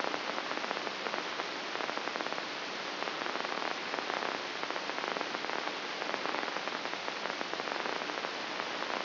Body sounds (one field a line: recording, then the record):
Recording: brain microelectrode recording played as sound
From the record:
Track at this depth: inside the subthalamic nucleus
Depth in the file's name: 4.663 mm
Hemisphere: left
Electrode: 3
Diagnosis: Parkinson's disease